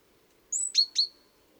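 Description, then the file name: Great tit call: a thin high whistled note followed by two sharp downward-swept notes, given once against faint low hum. "Parus major"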